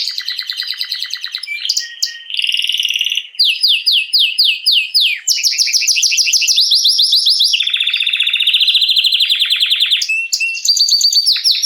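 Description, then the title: Canary in full song: loud, fast trills that change in speed and pitch every second or two, with only brief breaks. Male Belgian canary named Raiden singing a lot; used to warm up and stimulate young canaries as part of a training series. "Canary Training 17 Esquente Seu Filhote E Canario Belga Em 30 Minutos Macho Cantando Muito. Canrio Belga RAIDEN Cantando Muito - Esquente seu Canrio Belga"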